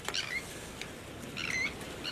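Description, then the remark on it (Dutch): Three sandwich terns flying past give two harsh, grating high-pitched calls about a second apart, with a shorter one at the end, over a steady low rumble of background noise. No one speaks. “Ja, er vliegen altijd wel een paar rond, maar ik vind het zo'n mooi geluid van de grote sterren.”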